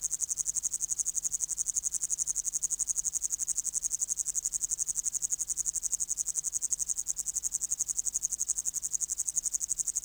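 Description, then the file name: Upland green bush-cricket singing a steady, high-pitched sizzling trill of rapid, evenly repeated pulses, with nothing else prominent. "Tettigonia cantans"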